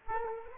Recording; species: mosquito wingbeat signal from an infrared sensor; Culex quinquefasciatus